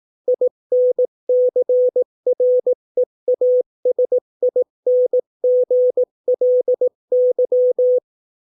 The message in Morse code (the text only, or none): INCREASINGLY